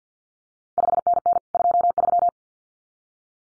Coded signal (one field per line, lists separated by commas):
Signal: Morse code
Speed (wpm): 50 wpm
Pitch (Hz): 700 Hz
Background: none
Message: 5NN 23